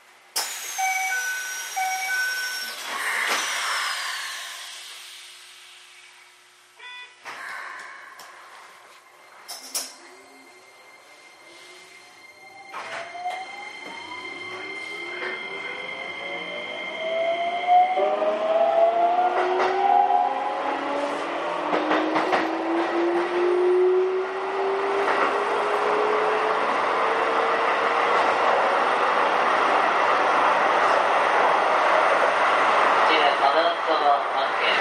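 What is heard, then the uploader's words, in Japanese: A Keikyu New 1000 series 1800 subseries train runs from Shin-Zushi toward Kanazawa-Bunko. It opens with chimes and brief voices. From about 12 seconds, rising motor tones climb steadily as the train accelerates, building into a loud, dense rolling roar that holds to the end. 京急新1000形1800番台 新逗子〜金沢文庫。逗子線で録音。1367編成では東芝製SEA-548 永久磁石同期電動機（PMSM）と4台の主電動機を1台で制御するSVF102-G0主制御装置が採用。主電動機出力は190kWとされた。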